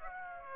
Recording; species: mosquito wingbeat signal from an infrared sensor; Aedes aegypti